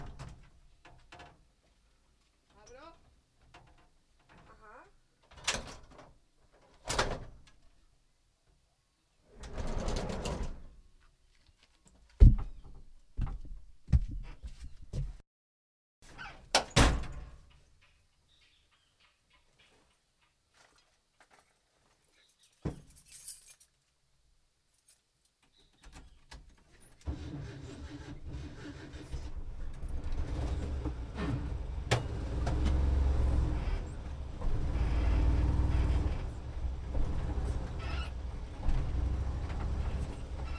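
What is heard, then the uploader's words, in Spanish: A combi van, first heard through scattered sharp clunks and door-like knocks with brief bits of voice and quiet gaps between them. Around 27 seconds the engine starts and settles into a steady, low, rattling rumble that runs to the end. La combi de 1974.. El sonido de la combi.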